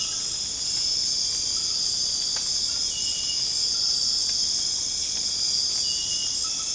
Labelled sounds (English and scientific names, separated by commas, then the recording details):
none
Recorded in secondary vegetation near Puerto Asís, Putumayo, Colombia, on 8 March 2025 at 01:00
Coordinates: 0.485, -76.322
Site G040